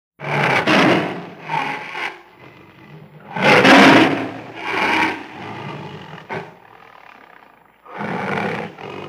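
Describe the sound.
Tiger growling: deep, rasping bursts with harsh snarls, coming in separate surges of a second or so, with short quiet gaps between them.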